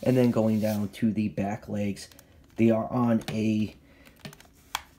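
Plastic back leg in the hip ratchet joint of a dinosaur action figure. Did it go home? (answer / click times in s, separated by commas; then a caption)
yes / 4.8 s. Someone talks while the hinged plastic back leg of a Mattel Jurassic World Primal Attack Sarcosuchus Massive Biters dinosaur action figure is moved at its hip ratchet joint. A few faint ticks come first, then a sharp click at 4.8 s as the ratchet joint seats and locks the leg in its neutral position.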